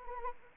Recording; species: mosquito wingbeat signal from an infrared sensor; Anopheles arabiensis